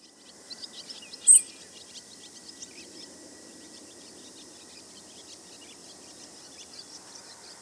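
Grasshopper sparrow song: one brief high buzzy note among many faint high ticks, over a steady background hiss.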